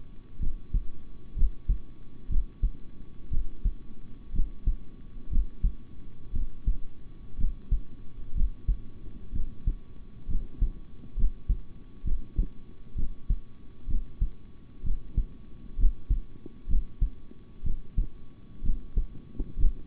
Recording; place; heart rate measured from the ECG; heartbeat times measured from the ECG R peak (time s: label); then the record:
heart sounds by stethoscope; between the tricuspid and mitral areas; 63 bpm
0.39 s: heartbeat
1.35 s: heartbeat
2.29 s: heartbeat
3.30 s: heartbeat
4.32 s: heartbeat
5.29 s: heartbeat
6.32 s: heartbeat
7.37 s: heartbeat
8.34 s: heartbeat
9.32 s: heartbeat
10.27 s: heartbeat
11.16 s: heartbeat
12.04 s: heartbeat
12.95 s: heartbeat
13.87 s: heartbeat
14.83 s: heartbeat
15.77 s: heartbeat
16.67 s: heartbeat
17.63 s: heartbeat
18.62 s: heartbeat
19.57 s: heartbeat
From the record:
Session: rest, sitting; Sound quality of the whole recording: good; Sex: male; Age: 26 years